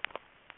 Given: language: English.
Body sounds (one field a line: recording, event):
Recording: throat vibration sensor signal played as sound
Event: swallow